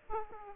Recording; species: mosquito wingbeat signal from an infrared sensor; Aedes aegypti